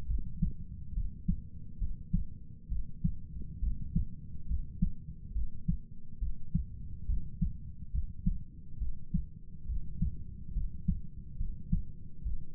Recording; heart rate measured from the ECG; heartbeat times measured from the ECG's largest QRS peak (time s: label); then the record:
heart sounds by stethoscope; 69 bpm
0.07 s: heartbeat
0.94 s: heartbeat
1.79 s: heartbeat
2.69 s: heartbeat
3.60 s: heartbeat
4.48 s: heartbeat
5.33 s: heartbeat
6.20 s: heartbeat
7.07 s: heartbeat
7.92 s: heartbeat
8.79 s: heartbeat
9.67 s: heartbeat
10.54 s: heartbeat
11.38 s: heartbeat
12.23 s: heartbeat
From the record:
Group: healthy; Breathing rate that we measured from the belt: 19 breaths a minute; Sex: male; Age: 35 years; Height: 180 cm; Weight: 86.9 kg